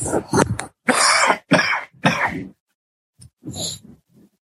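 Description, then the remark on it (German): Someone with a cold loudly clears their throat in a string of four harsh, raspy bursts, then follows with a couple of quieter, shorter rasps and a soft grunt. No talking. “Jetzt muss ich mich einmal wirklich räuspern, weil die Erkältung drückt so sehr.”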